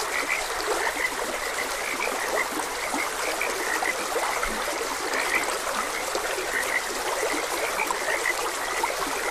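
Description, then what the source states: Frogs utter short high-pitched croaks in loose clusters while a stream trickles and rushes continuously. Frogs croaking beside a gentle stream.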